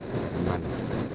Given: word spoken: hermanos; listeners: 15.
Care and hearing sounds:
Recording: one Spanish word in noise, from a listening test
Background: noise modulated by three-talker babble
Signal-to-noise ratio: -4.2 dB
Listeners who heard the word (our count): 2 of 15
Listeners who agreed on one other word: 6 of 15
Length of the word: 0.75 s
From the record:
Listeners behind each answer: 6, 2, 2, 1, 1, 1, 1, 1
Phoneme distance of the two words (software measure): 14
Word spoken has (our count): 3 syllables, 7 phonemes, stress on syllable 2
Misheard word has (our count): 2 syllables, 5 phonemes, stress on syllable 1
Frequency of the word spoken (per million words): 63.73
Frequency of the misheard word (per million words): 247.35

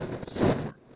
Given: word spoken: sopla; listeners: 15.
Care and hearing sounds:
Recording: one Spanish word in noise, from a listening test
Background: noise modulated by one talker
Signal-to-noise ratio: -7.3 dB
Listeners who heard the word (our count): 2 of 15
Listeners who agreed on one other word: 9 of 15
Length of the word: 0.56 s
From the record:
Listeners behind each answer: 9, 2, 2, 1, 1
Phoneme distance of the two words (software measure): 7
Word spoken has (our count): 2 syllables, 5 phonemes, stress on syllable 1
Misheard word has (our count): 2 syllables, 4 phonemes, stress on syllable 1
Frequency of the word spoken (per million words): 3.17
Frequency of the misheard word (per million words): 113.80

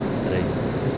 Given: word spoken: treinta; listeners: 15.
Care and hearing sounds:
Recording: one Spanish word in noise, from a listening test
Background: speech-shaped noise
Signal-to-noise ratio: -5.3 dB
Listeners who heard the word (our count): 2 of 15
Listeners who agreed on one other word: 9 of 15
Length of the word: 0.58 s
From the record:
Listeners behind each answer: 9, 2, 1, 1, 1, 1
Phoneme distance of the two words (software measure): 21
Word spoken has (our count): 2 syllables, 7 phonemes, stress on syllable 1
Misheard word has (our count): 1 syllable, 4 phonemes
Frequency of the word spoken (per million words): 74.36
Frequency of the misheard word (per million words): 40.66

